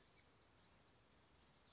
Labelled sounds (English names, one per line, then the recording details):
Blue-gray Gnatcatcher
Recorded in Sonoma County, California